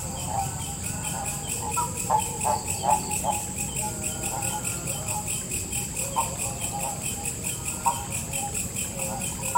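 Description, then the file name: Frog calls: short mid-pitched notes in irregular bursts, over a steady high-pitched insect chorus. Kasongan, 2 March 2014. "grenouille kasongan"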